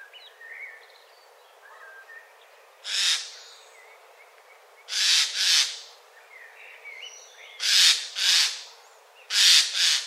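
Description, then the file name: Eurasian jay rasping screeches, one single then three doubled bursts, over soft chirps and whistles of other birds. "Garrulus glandarius"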